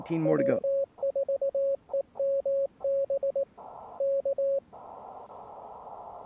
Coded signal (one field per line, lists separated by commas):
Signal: Morse code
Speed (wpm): 19 wpm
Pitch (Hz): 550 Hz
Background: speech, radio noise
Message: W4EMB K